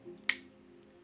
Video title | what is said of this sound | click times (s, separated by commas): Alien Attack Toys AAT-02 King of Kavaliers aka AoE/TLK Optimus Prime Unboxing! | Oh, that was a satisfying click. | 0.3 s